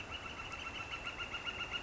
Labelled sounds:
Northern Flicker
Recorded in Sonoma County, California

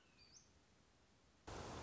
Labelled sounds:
Red-shouldered Hawk
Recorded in Sonoma County, California

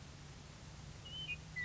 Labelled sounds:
Western Meadowlark
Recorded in Sonoma County, California

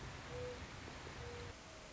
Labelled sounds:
Mourning Dove
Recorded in Sonoma County, California

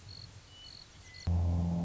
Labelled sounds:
Western Meadowlark
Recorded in Sonoma County, California

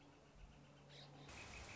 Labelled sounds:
Northern Flicker
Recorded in Sonoma County, California

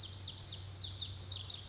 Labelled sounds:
Pacific Wren
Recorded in Sonoma County, California

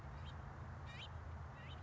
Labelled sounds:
House Finch
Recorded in Sonoma County, California

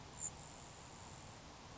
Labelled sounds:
Grasshopper Sparrow
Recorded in Sonoma County, California

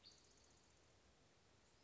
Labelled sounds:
Spotted Towhee
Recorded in Sonoma County, California

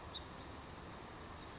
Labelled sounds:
House Finch
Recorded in Sonoma County, California

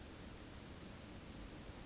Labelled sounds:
Western Flycatcher
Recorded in Sonoma County, California

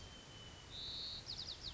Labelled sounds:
White-crowned Sparrow
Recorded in Sonoma County, California

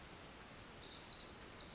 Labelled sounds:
Pacific Wren
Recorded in Sonoma County, California

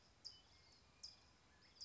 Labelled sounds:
California Towhee
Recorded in Sonoma County, California

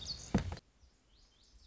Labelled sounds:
Lazuli Bunting
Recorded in Sonoma County, California

